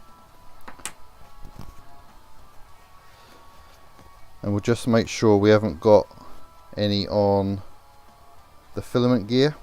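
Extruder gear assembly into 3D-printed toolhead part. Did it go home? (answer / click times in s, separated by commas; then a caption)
yes / 0.7 s, 0.8 s. During assembly of a Voron Afterburner toolhead, a greased extruder filament gear assembly is pressed into a 3D-printed plastic housing, where it snaps into place with sharp clicks at 0.7 s and 0.9 s. Quiet music plays in the background, and someone then talks.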